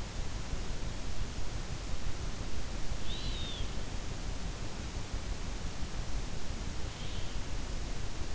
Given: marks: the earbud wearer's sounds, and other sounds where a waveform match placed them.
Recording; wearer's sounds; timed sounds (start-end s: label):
sounds in sleep by an in-ear microphone; breath
2.81-3.74 s: breath